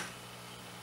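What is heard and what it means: A 2.5-inch SSD is being handled and pushed toward a tool-less drive bay in a PC case, with only a faint, steady low hum and no distinct impacts heard. Nothing has seated or clicked yet; the clip ends just before the drive snaps into place.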